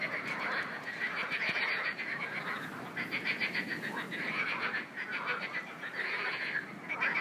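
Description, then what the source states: Frog chorus of fast rattling croaks, several animals calling over one another in repeated bursts without pause. Frogs calling in a river.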